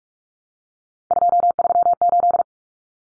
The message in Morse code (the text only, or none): 238